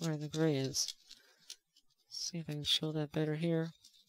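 Someone talks while transforming a plastic 1/100 MG ZZ Gundam Kai model kit, handling a plastic leg or thruster part that is meant to be pushed up into the leg frame until it locks where the gray section is. Faint small handling ticks are heard between the speech, with a couple more at the very end. Nothing has seated or clicked into place yet.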